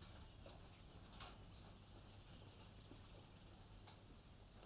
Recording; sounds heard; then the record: poultry house recording; healthy chickens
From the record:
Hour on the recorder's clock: 23